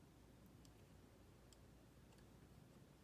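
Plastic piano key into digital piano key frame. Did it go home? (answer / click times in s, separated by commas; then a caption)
no / none. A replacement plastic key is handled while being reinstalled on the key frame of a Yamaha P-255 88-key digital piano, with faint, scattered ticks over a steady low background hiss and one brief, sharper tick near 1.5 s. The key's locking tab has not snapped into place yet, and nothing has seated or clicked home.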